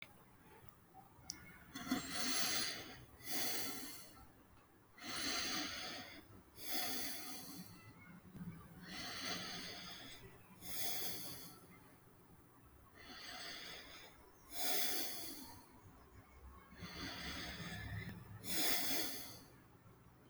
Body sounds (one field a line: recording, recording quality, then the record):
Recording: deep breathing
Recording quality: excellent, no background noise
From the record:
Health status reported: healthy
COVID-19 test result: negative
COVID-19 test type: RT-PCR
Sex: male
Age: 33 years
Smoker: no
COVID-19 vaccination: one dose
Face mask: not worn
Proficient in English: yes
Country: India